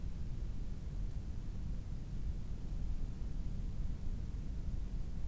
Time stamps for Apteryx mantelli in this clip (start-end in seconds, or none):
none